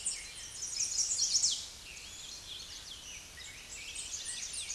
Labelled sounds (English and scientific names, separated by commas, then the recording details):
Chestnut-sided Warbler (Setophaga pensylvanica) song
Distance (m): 15 m
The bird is about 10 m above the microphone
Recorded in a Pennsylvania forest on 16 May 2024 at 09:21
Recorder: AudioMoth, point MSD-2074
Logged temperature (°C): 16.3 °C
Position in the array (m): 162 m, 208 m